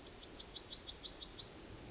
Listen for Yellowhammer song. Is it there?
yes